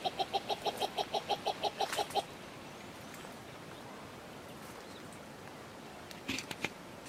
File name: Canto do turaco de ruspoli